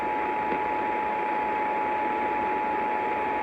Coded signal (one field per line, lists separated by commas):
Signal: Emergency Alert System (SAME) tones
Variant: 853 and 960 Hz attention tone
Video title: MID SOUTH WRECKAGE - EAS Alerts From 3/29/25 - 3/31/25 (EAS #3595-3639)